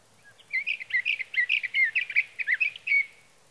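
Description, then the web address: Sage thrasher delivering a hurried, bubbling song of short warbled notes strung together, varying in pitch, with faint background hiss. "birdsongforthecurious Sage Thrasher"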